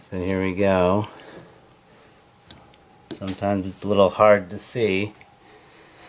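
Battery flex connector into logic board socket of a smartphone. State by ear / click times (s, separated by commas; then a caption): seated / 2.5 s. While reinstalling the battery in an Apple iPhone 4S, the battery's flex connector is pressed onto its socket on the logic board. Between bursts of someone talking, a sharp, short tick at 2.5 s marks the connector snapping in and seating.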